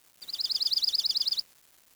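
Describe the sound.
Bird call, a rapid trill of many high repeated notes lasting just over a second, then quiet background.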